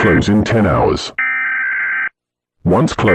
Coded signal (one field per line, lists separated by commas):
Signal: Emergency Alert System (SAME) tones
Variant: header bursts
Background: speech